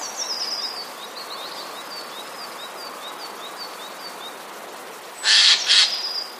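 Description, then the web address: Eurasian jay harsh alarm screech near the end, two loud rasping bursts, after a background of thin high chirps from small birds over steady noise. Jay giving a warning call, recorded 21 January 2015. "wroblowe ostrzegator sojka 21 01 2015"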